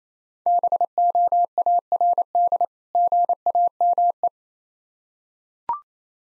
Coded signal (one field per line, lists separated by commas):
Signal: Morse code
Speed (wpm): 28 wpm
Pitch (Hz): 700 Hz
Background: none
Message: BOARD GAME